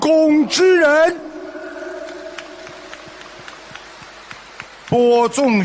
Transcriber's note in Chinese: 掌声